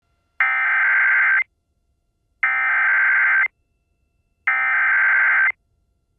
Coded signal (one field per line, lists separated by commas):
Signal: Emergency Alert System (SAME) tones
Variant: header bursts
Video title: Tornado Warning (Collier and Hendry Counties, FL) (10/9/24) [EAS #59]